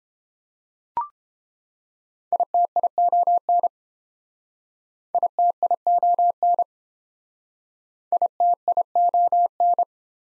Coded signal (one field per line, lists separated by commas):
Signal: Morse code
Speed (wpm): 29 wpm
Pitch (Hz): 700 Hz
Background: none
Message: ITION ITION ITION